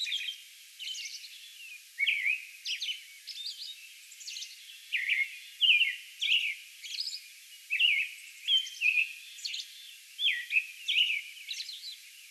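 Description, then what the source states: American robin singing a run of short caroling phrases after a quiet start, whistled notes mixed with thin high squeaky notes. Song bout recorded on May 11.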